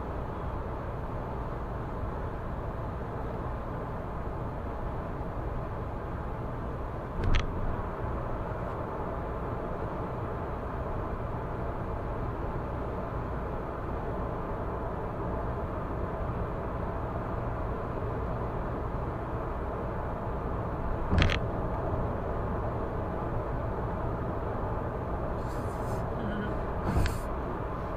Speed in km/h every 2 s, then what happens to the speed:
106, 106, 106, 106, 106, 106, 106, 105, 105, 105, 105, 105, 105, 105.
0-28 steady at about 105.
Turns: none.